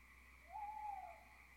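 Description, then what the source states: Owl call: a single smooth whistled note, slightly arched in pitch, against soft background hiss. Owls (chouettes) recorded at Ker Anna.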